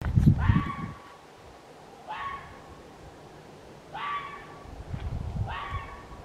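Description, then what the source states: Red fox giving four short yelps roughly two seconds apart, each ringing with harmonics, with bursts of low rumbling noise. Recorded on 29 January 2024.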